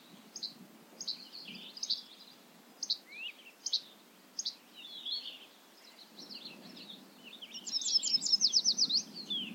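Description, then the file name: Bobolink: bird song: scattered sharp high notes, then a fast bubbling trill toward the end. Recorded at Ferme Beauchamp. "A bobolink talks to you from Ferme Beauchamp"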